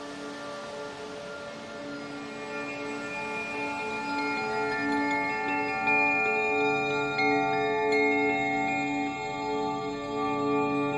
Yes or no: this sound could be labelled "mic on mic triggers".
no